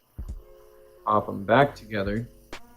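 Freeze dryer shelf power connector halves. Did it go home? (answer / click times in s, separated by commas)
no / none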